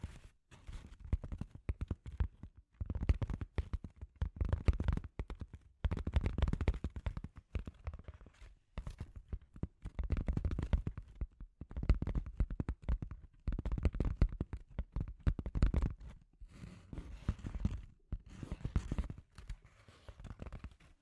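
Scratchy tapping comes in uneven bursts of quick, dry clicks and scrapes, pausing briefly between clusters, with a low rumble underneath.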